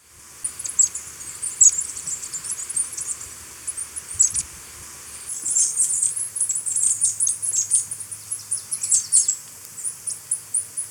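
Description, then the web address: Cinereous conebill giving a long run of thin, very high chips and twitters, closely spaced and irregular, with brief pauses. Recorded in Ecuador. "Natures Songs S America Birds of Ecuador. Cinereous Conebill"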